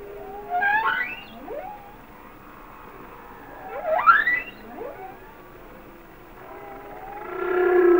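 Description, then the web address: Humpback whale song of short upswept whoops in pairs, followed by a swelling tonal moan. "Natures Songs Whale Songs Sounds of Nature - Humpback Whales"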